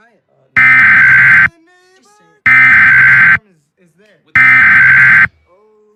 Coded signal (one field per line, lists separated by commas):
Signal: Emergency Alert System (SAME) tones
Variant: header bursts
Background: speech